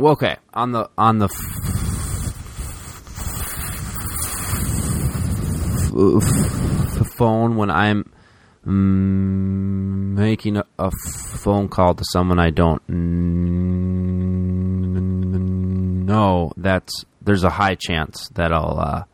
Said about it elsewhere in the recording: I'm a person who stutters if you hear some silences or interruptions in my speech, there's a good chance that it's stuttering.